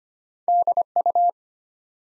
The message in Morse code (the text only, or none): DU